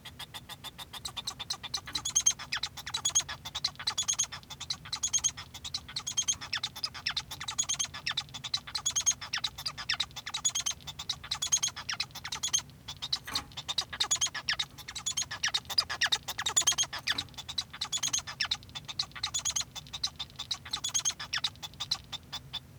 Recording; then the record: song of a male Bengalese finch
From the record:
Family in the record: son of father 1